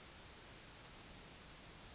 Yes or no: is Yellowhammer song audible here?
no